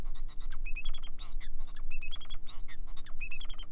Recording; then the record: song of a male Bengalese finch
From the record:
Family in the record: son of father 4